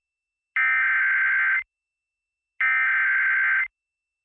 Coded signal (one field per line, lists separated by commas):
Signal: Emergency Alert System (SAME) tones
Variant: header bursts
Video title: EAS#815 The bust of Match (03/08/2024).